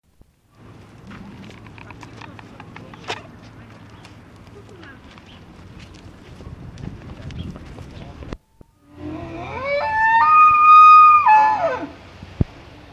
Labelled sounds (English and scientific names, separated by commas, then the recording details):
Wapiti (Cervus canadensis)
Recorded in captivity
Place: Tierpark Berlin, Berlin, DE
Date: 1965-09-19
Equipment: Uher 4000 Report-S, Transistorverstärker II, Sennheiser MD 421
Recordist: Tembrock, Günter
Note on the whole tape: Wapiti. Zahnknirschen (Drohen), Rufe. Abstand: 12 m. Aufnahmezeit: 8.00-11.30 Uhr